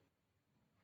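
A plastic locking clip is being pressed back into the air filter housing of a new Creta car, which is being fitted with a safety grill against rats. Only faint, low handling noise is heard, with no sharp sounds. Nothing has seated or clicked yet.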